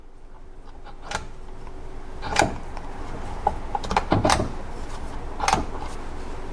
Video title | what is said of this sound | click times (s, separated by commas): Azzy's Design Works: 231 // 242 T-Case detent service for Linkage Adjustment | you hear that clicking | 2.4 s, 3.5 s, 4.0 s, 5.5 s